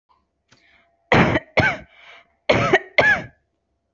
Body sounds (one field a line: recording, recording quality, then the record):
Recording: heavy voluntary cough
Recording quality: moderate, slight background noise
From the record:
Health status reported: respiratory illness, not identified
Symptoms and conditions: diabetes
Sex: female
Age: 32 years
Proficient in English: yes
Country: India